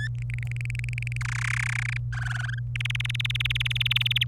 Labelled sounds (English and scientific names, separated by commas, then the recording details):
Domestic Canary (Serinus canaria) song
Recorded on 27 April 2018 at 14:44
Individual llb3